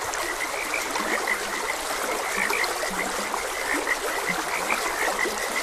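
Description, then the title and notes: Frogs croaking in a dense chorus, many short high notes overlapping near a steady band, with low croaks below and a constant rush of flowing water throughout. Frogs croaking beside a gentle stream. "Gentle Stream and Frogs Croaking. Sleep and Relaxation Podcast"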